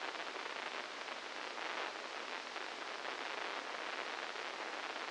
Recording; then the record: brain microelectrode recording played as sound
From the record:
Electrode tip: inside the subthalamic nucleus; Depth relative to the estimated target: -4 mm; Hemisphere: left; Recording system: NeuroSet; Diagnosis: Parkinson's disease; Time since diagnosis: 15 years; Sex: female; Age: 59 years